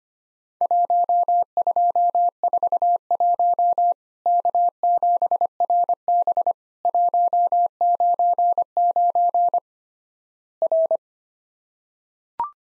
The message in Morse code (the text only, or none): 1241 K7RB 199 R